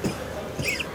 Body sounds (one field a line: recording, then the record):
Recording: coughing mixed with background sound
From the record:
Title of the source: Dry Coughing Fit in the Afternoon.